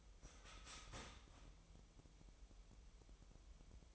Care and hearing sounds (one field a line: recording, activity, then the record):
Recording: daily activity, microphone in the room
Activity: start toaster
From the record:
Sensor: 1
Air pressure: 988.6 hPa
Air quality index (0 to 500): 196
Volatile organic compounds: 934 ppm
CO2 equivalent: 5233 ppm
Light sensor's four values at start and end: 25/94/35/37 and 25/94/35/37